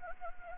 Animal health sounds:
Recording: mosquito wingbeat signal from an infrared sensor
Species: Anopheles gambiae

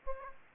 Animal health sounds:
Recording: mosquito wingbeat signal from an infrared sensor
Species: Aedes aegypti

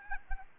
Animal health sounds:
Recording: mosquito wingbeat signal from an infrared sensor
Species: Aedes albopictus

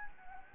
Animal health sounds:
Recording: mosquito wingbeat signal from an infrared sensor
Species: Anopheles gambiae

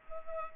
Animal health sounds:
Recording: mosquito wingbeat signal from an infrared sensor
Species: Culex pipiens

